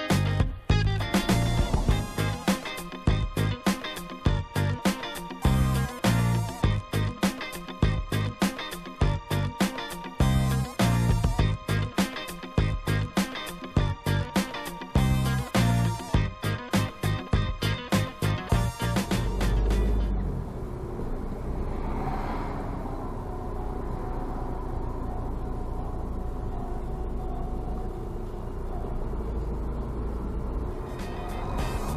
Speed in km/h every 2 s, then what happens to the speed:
30, 22, 16, 11, 0, 0, 0, 0, 0, 6, 13, 14, 13, 12, 12, 14.
0-8 brakes to 0. 8-17 standing. 17-20 pulls away to 13. 20-32 steady at about 13.